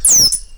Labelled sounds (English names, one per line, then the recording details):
Stitchbird song
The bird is a male
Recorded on Tiritiri Matangi Island, New Zealand, in 2005
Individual 7, of nest box 9